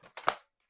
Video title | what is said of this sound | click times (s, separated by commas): STICK VACUUM PERFECT FOR STAIRS - AMAZON FIND | snap in place | 0.3 s